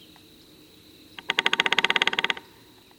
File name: Red bellied Woodpecker